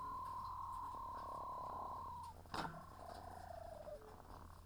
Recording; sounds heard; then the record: poultry house recording; sick chickens (respiratory disease)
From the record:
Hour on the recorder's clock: 17